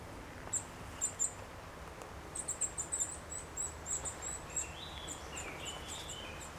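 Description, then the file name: Eurasian nuthatch calls: high, thin notes in scattered short groups, joined later by lower sliding whistles over faint rumble. "Sitta europaea"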